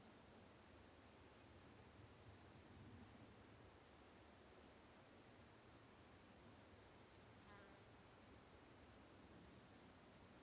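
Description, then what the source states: Cicadas sound in high, grainy, pulsed bursts that switch on and off every few seconds, with a brief faint rattle and a low steady hiss. Countryside ambience of quiet fields with slowly calling cicadas, three of them close.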